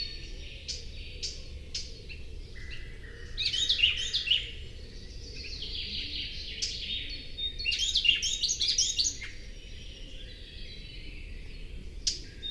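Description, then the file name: Eurasian blackcap with sharp clicking notes repeated at irregular intervals, broken by two bursts of rapid, jumbled warbling, over a constant low rumble and hiss. "Sylvia atricapilla"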